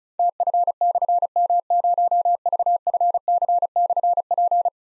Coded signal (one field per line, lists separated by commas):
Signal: Morse code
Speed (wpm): 36 wpm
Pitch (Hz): 700 Hz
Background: none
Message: TF/M0VFC/P